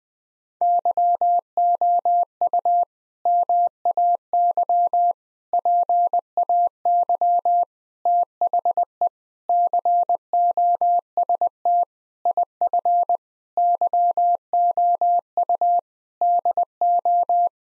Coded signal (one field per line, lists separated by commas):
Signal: Morse code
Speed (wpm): 21 wpm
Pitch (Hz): 700 Hz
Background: none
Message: YOU MAY PAY THE COST IF YOU DO